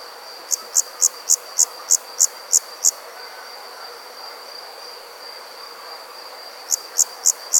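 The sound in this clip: Insect chirping: a run of several short, high pulses, a pause of several seconds, then a few more, over a thin steady high whine.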